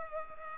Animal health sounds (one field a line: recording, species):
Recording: mosquito wingbeat signal from an infrared sensor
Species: Culex pipiens